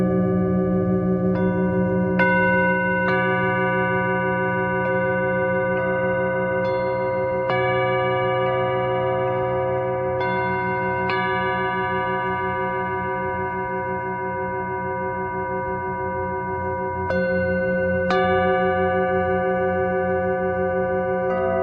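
Singing bowls ring in a dense, sustained wash of overlapping tones, low hum beneath bright ringing overtones. Fresh strikes land irregularly, around 1, 2, 3, 7.5, 10, 11, 17 and 18 seconds, each adding a sharp attack before blending into the steady, shimmering drone.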